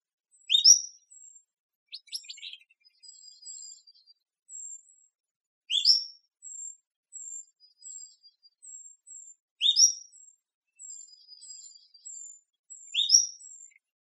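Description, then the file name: Cordilleran flycatcher calls: sharp two-part rising notes repeated about every four seconds, with thin, very high faint notes between them. Recorded in Arizona. "COFL 3 A deviche"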